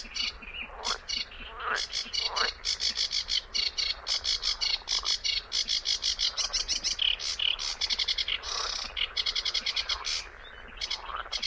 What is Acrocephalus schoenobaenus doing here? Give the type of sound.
song